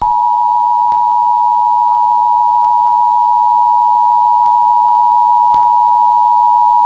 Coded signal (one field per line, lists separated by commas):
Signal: Emergency Alert System (SAME) tones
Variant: 853 and 960 Hz attention tone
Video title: EAS Mock Scenario - Deadly Packages